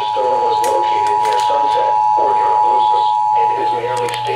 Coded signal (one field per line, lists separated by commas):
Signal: Emergency Alert System (SAME) tones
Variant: 853 and 960 Hz attention tone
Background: speech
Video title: Severe Thunderstorm Warning (EAS #144)